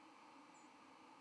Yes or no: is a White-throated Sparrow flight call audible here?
no